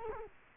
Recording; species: mosquito wingbeat signal from an infrared sensor; Culex quinquefasciatus